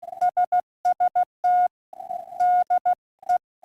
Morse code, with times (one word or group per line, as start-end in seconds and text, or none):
0.2-1.7 SST
2.4-3.4 DE